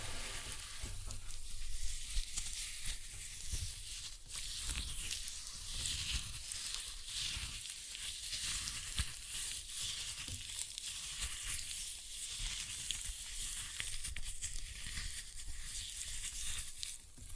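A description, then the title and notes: Floral foam covered in glitter is crushed in a steady, dense crackle of fine crumbling and gritty scraping that runs the whole time. Low soft thumps of pressing come every second or so, and the texture stays bright and sizzling throughout. ASMR Most Satisfying Floral Foam Glitter Bomb Crushing.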